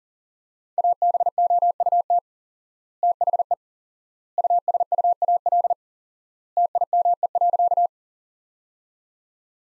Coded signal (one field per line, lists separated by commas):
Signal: Morse code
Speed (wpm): 40 wpm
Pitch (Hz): 700 Hz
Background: none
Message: ABOUT THE USUAL TIME.